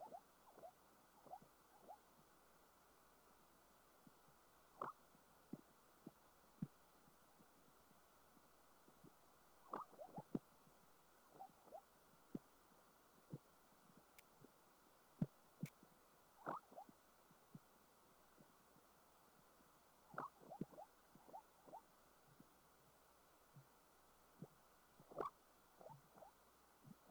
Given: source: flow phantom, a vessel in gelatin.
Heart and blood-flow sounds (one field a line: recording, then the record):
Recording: Doppler ultrasound of air bubbles in flowing water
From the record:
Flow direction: perpendicular to the transducer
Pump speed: 150 rpm (540 mL/min)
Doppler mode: pulsed wave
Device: 7 MHz transducer